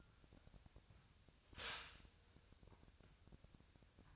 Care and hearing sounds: daily activity, microphone in the room; stop toaster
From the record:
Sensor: 2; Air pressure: 1001.8 hPa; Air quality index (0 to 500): 245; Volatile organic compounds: 37 ppm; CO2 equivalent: 3096 ppm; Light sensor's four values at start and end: 9/30/12/11 and 9/30/12/11

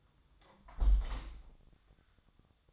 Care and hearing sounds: daily activity, microphone in the room; close window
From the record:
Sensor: 3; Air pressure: 1004.6 hPa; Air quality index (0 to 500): 92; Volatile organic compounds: 3 ppm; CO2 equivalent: 1420 ppm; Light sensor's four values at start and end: 7/17/6/6 and 7/16/6/6

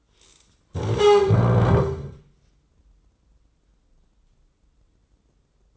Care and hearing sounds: daily activity, microphone in the room; stand up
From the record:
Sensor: 3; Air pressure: 995.9 hPa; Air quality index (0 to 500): 246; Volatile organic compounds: 1000 ppm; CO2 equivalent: 6282 ppm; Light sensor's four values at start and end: 39/94/41/44 and 38/92/40/44

